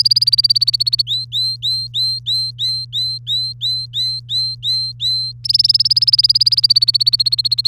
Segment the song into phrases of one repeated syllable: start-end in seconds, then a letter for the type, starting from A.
0.00-1.02 A, 1.07-5.32 B, 5.44-7.67 A